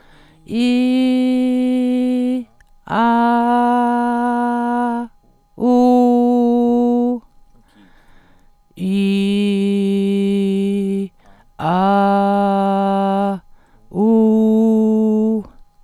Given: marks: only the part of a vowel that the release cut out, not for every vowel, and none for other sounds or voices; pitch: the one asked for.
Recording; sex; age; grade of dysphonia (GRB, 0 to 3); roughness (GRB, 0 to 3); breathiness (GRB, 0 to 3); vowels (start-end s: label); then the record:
sustained vowels; female; 40 to 49 years; 0; 0; 0
0.74-2.28 s: vowel /i/, high pitch
3.08-4.91 s: vowel /a/, high pitch
5.68-7.08 s: vowel /u/, high pitch
8.95-10.90 s: vowel /i/, low pitch
11.70-13.22 s: vowel /a/, low pitch
14.02-15.30 s: vowel /u/, low pitch
From the record:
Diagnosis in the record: healthy voice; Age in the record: 41 years